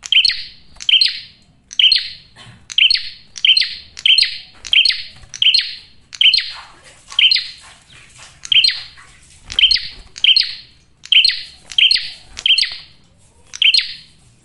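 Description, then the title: Bar-winged prinia singing a long series of bright, clipped chirps. Male, singing persistently with a clear, dense voice; suited to luring birds or calling in females. "Masteran Duet Cililin Vs Kapas Tembak. PRENJAK JANTAN GACOR SUARA JERNIH, RAPET. " COCOK UNTUK PIKAT MAUPUN PANCINGAN BETINA ""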